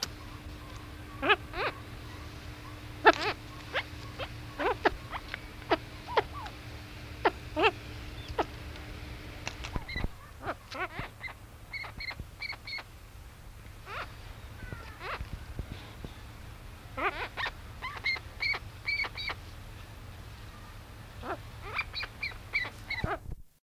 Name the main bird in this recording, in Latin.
Catreus wallichii